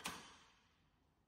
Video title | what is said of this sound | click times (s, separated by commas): Introduction- CWU- Fully Automatic Reclining Wheelchair | Once you hear the click sound, that means folding latch is locked. | 0.1 s